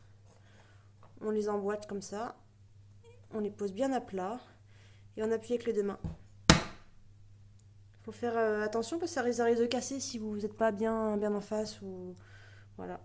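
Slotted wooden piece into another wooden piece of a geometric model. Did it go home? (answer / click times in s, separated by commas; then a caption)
yes / 6.5 s. Two slotted plywood pieces of a small 3D merkaba are interlocked, laid flat and pressed together with both hands until they snap into a tight, glue-free friction fit. A sharp knock is heard at 6.5 s as the wooden cross seats, while someone talks before and after. The joint is made deliberately tight so no glue is needed, and the fragile pieces can break if not pressed straight.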